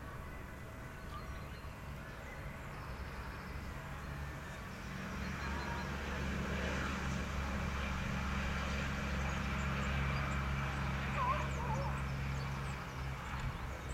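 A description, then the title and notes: A park soundscape with a steady low rumble of traffic or an engine that swells from about five seconds onward and holds to the end. Faint voices and scattered bird chirps come through in the background, with a brief call near eleven seconds. INFiNi - D - Binaural Soundscapes - Nature - Park.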